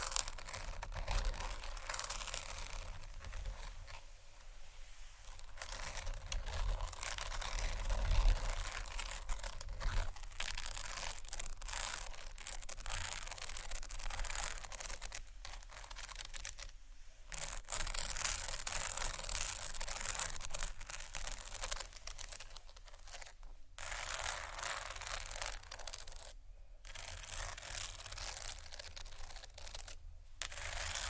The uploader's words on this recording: Marble, wood, tapping, scratching, crinkles, etc （No Talking）.